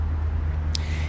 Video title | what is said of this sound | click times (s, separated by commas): Электровелосипед Электросамокат Моноколесо Гироскутер Сигвей | long stem folds up, and then there's that red thing that kind of clicks into place. | 0.8 s